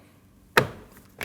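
A plastic switch bezel on a 2012-2021 Nissan NV2500 goes into the front left door trim panel during a window regulator replacement: its front clips are put in first, then the back is pushed down. A sharp snap at 0.6 s shows the bezel clip seating into the panel, and a fainter tap follows at about 1.2 s.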